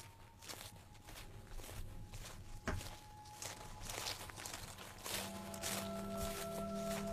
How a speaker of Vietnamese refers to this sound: Hai thằng đánh bi một lúc, tôi dừng lại nghiêng tai lắng nghe. Hình như loáng thoáng ở bên ngoài có tiếng bước chân vang lên.